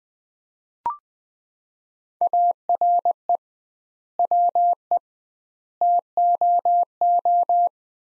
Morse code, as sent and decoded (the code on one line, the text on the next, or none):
.- .-. . / .-- . / - --- ---
ARE WE TOO